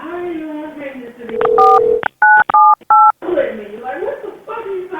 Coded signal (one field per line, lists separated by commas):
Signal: DTMF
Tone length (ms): 230 ms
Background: speech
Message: 4 978